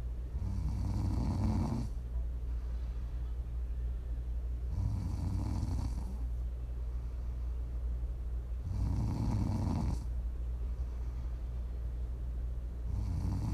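Low rumbling snores about every four seconds, roughly fifteen a minute, with quiet breathing between: ordinary sleep snoring of an adult.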